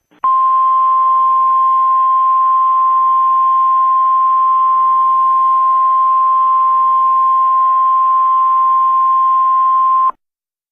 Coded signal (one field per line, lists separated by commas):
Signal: Emergency Alert System (SAME) tones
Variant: 1050 Hz attention tone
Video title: EAS Scenario: Nuclear Missile Attack II (Part 2)